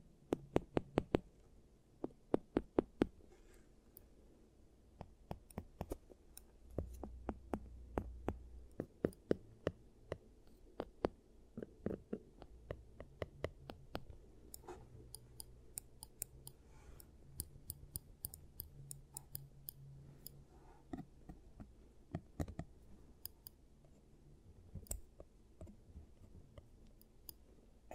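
Sharp clicks and taps from a giant teeth treatment come in clusters, quick bursts near the start and scattered strikes throughout. Underneath runs a soft low rumble that swells now and then, with a few brighter, louder snaps around the middle.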